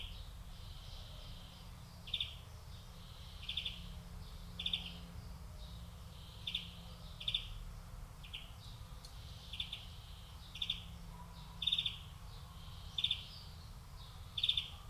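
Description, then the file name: European greenfinch uttering brief, thin chirping notes at irregular intervals of about a second, over steady low background hum. "Chloris chloris"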